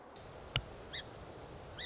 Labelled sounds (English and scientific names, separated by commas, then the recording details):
Song Sparrow (Melospiza melodia)
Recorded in Sonoma County, California